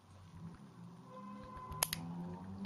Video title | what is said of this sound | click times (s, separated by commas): Medtronic VEO MIO Infusion setup | so you've he that click into place and then it is ready to put in position | 1.8 s